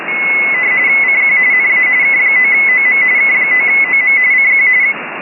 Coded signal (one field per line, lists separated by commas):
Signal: RTTY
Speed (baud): 45.45 baud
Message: CQ NA K9OM K9OM CQ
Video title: An SDR That Transmits - The Hermes Lite 2